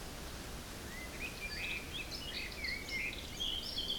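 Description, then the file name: Birds giving soft rising whistles and scattered chirps, fairly faint against a rushing, windy background noise. Forest in spring, windy at 3 Beaufort, recorded at 1 pm. "Forest Spring Birds Windy 3 bft 1 pm"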